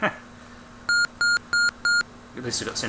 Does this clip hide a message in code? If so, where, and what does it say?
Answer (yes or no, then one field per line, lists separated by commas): no